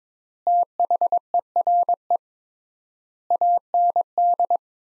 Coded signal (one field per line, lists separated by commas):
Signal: Morse code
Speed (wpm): 21 wpm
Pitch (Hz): 700 Hz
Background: none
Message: THERE AND